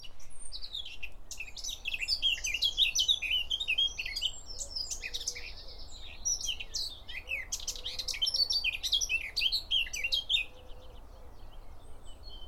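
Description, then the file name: Eurasian blackcap song: rapid, varied warbling phrases of high twittering and scratchy notes, delivered almost continuously with short pauses, over a faint low background hum. "Sylvia atricapilla"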